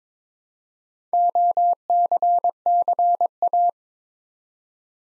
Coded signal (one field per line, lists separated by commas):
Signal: Morse code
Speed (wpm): 22 wpm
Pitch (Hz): 700 Hz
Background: none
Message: OCCA